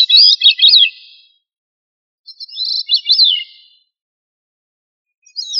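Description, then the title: Thrush delivering short, bright phrases of fast up-and-down notes, one at the start, another after a gap, and a clipped phrase at the end, nothing else heard. "Familia Turdidae - Sabia"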